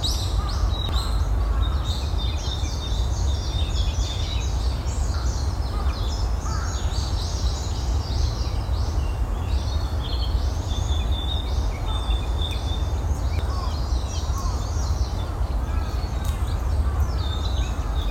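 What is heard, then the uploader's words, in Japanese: A park on a morning walk: constant bird chatter and calls, occasional crow caws, over a steady low rumble of wind or traffic. 公園の朝散歩より639鳥のこえ。公園の朝散歩で聴こえてくる自然音。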